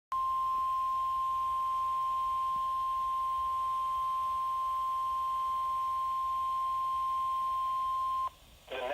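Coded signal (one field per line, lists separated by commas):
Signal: Emergency Alert System (SAME) tones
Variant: 1050 Hz attention tone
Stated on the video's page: Flood Warning recorded from NOAA Weather Radio station WXL58.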